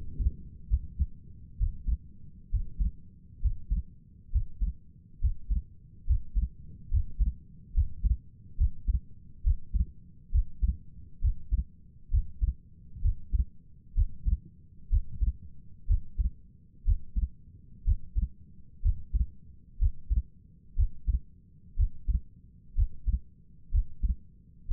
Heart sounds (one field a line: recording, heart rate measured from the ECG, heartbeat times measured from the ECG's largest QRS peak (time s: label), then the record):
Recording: heart sounds by stethoscope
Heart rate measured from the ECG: 65 bpm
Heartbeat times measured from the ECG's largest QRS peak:
0.70 s: heartbeat
1.59 s: heartbeat
2.51 s: heartbeat
3.42 s: heartbeat
4.32 s: heartbeat
5.21 s: heartbeat
6.06 s: heartbeat
6.90 s: heartbeat
7.74 s: heartbeat
8.57 s: heartbeat
9.43 s: heartbeat
10.31 s: heartbeat
11.21 s: heartbeat
12.10 s: heartbeat
13.02 s: heartbeat
13.95 s: heartbeat
14.90 s: heartbeat
15.87 s: heartbeat
16.85 s: heartbeat
17.84 s: heartbeat
18.82 s: heartbeat
19.79 s: heartbeat
20.76 s: heartbeat
21.76 s: heartbeat
22.75 s: heartbeat
23.71 s: heartbeat
24.67 s: heartbeat
From the record:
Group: healthy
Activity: breath hold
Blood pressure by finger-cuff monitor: 99/56 mmHg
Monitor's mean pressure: 68 mmHg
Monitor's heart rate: 65 bpm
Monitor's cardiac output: 5.6 L/min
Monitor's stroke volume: 87 mL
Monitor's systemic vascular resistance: 890 dyn s/cm5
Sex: female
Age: 22 years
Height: 163 cm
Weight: 67.1 kg